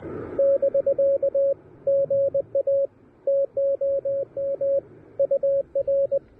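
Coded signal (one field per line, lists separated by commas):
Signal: Morse code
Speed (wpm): 20 wpm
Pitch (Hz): 550 Hz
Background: radio noise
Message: <BK> GA TOM UR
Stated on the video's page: QRP Parks on the Air activation in a national forest using an Elecraft KH1 with an end-fed half-wave antenna.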